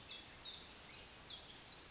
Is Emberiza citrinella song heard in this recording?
no